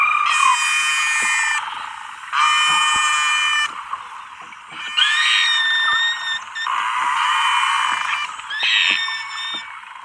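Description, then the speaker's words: Beluga whale making unusual sounds: several loud, buzzy, harmonic-rich bursts with short gaps between. Unusual sounds from a beluga, very different from normal beluga songs; the whale could imitate human speech patterns. "It wasn't only the unusual sounds that Noce made."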